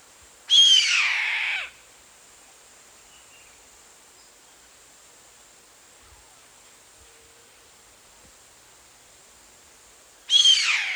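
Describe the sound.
Bird screeching twice, each call a harsh, broad rasp lasting about a second, about ten seconds apart, over a constant high hiss.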